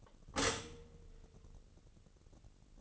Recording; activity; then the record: daily activity, microphone in the room; stop toaster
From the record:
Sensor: 4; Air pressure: 1007.9 hPa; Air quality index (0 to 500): 104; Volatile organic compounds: 1 ppm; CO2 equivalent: 773 ppm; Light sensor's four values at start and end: 9/19/7/8 and 9/19/8/8